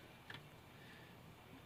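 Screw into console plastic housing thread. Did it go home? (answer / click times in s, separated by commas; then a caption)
yes / 0.3 s. A screw being turned backwards in a GameCube's plastic shell drops into the existing thread with a single small tick at 0.3 s, showing it has seated in the thread. The rest of the clip is a low, steady background hum.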